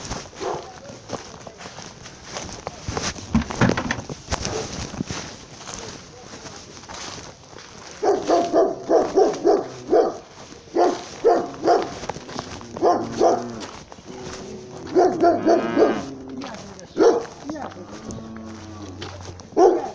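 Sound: small dog barking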